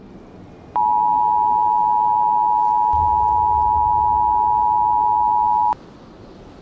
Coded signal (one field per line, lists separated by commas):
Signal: Emergency Alert System (SAME) tones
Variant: 853 and 960 Hz attention tone